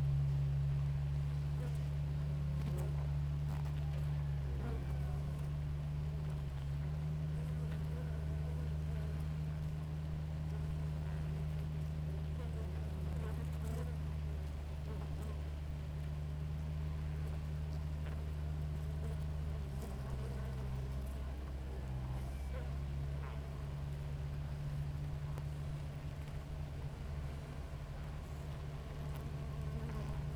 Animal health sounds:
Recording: honeybee colony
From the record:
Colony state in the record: active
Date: 28 July 2017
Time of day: 6:07

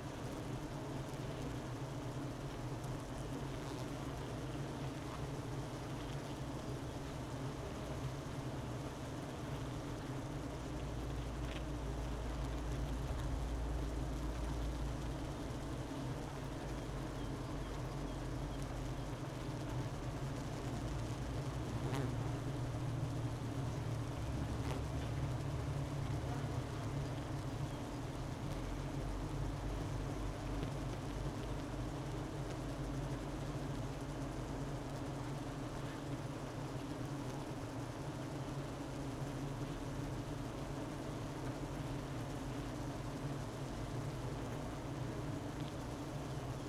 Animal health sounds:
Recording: honeybee colony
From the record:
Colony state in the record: missing queen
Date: 31 May 2018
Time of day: 12:27

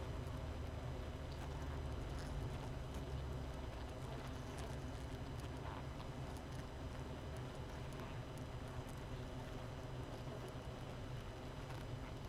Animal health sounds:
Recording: honeybee colony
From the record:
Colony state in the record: missing queen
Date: 31 May 2018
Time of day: 5:52

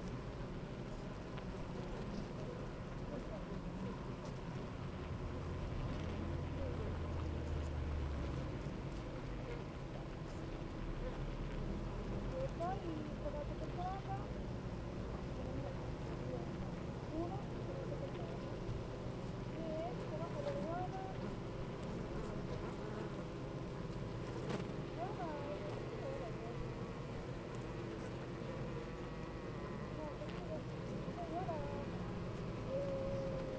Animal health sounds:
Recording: honeybee colony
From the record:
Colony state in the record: active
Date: 28 July 2017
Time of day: 8:35

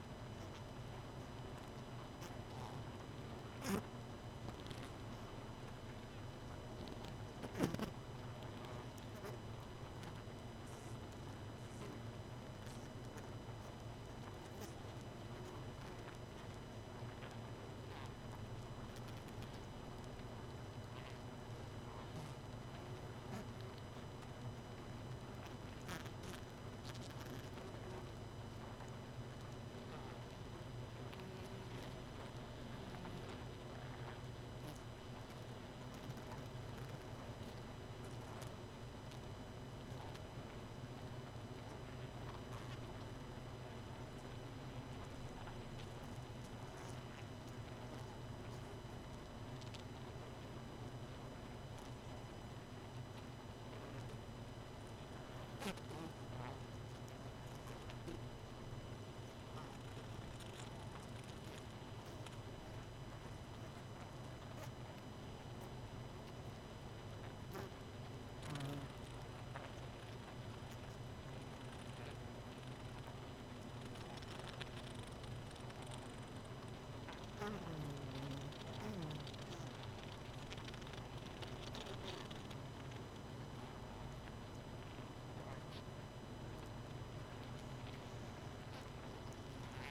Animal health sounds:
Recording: honeybee colony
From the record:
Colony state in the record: missing queen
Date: 31 May 2018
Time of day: 23:06

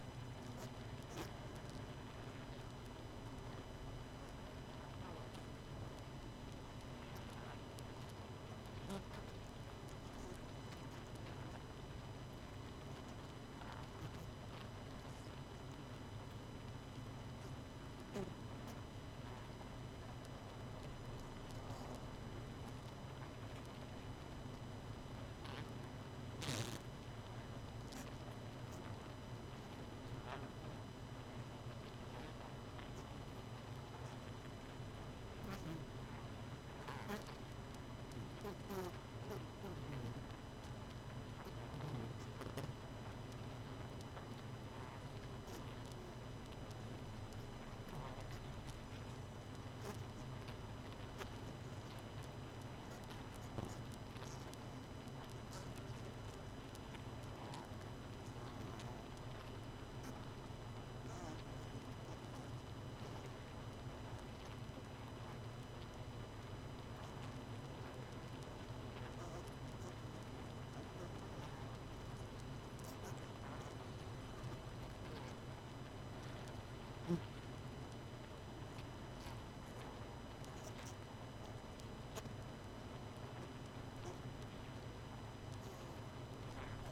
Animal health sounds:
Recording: honeybee colony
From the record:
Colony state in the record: missing queen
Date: 31 May 2018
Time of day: 22:50

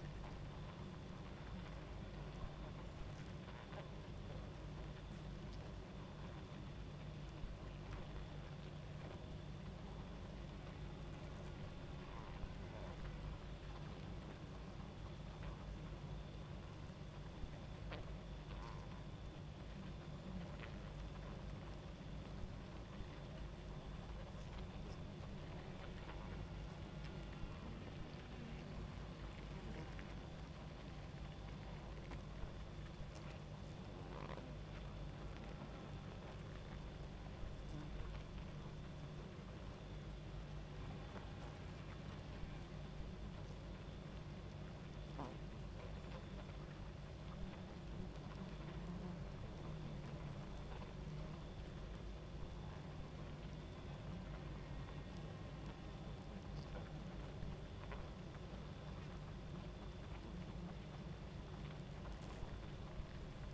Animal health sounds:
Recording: honeybee colony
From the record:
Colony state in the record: active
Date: 28 July 2017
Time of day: 23:51

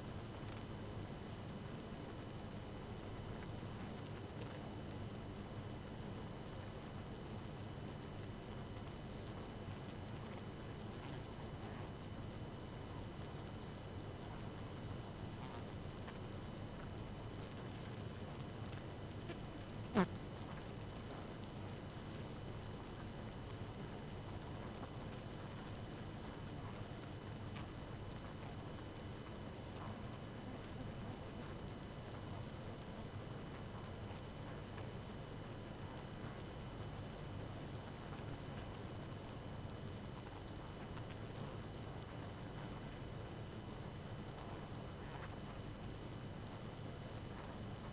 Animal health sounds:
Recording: honeybee colony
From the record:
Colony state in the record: active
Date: 12 June 2018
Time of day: 2:03

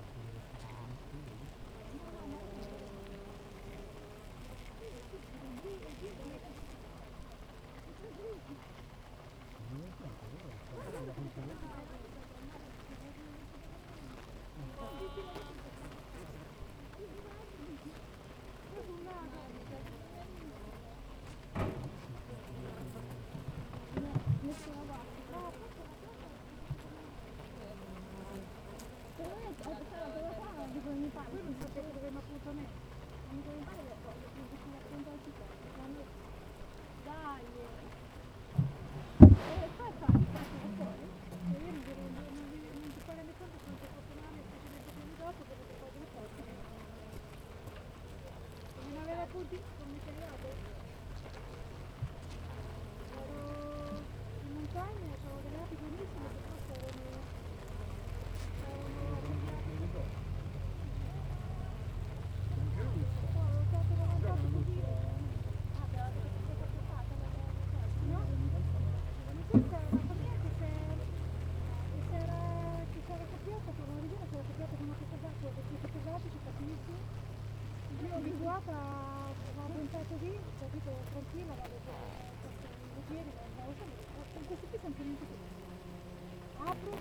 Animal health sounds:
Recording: honeybee colony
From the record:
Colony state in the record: active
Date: 28 July 2017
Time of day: 7:53

